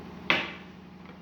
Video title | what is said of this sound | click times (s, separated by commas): Ryobi 12 ft × 3/8 in. Expandable misting kit | or if you want your plug put your plug in push down hard you'll feel the click | 0.3 s